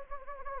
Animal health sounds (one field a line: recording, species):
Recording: mosquito wingbeat signal from an infrared sensor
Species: Anopheles gambiae